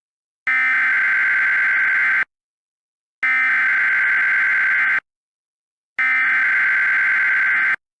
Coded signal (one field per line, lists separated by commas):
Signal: Emergency Alert System (SAME) tones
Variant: header bursts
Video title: EAS Scenario - Deep Freeze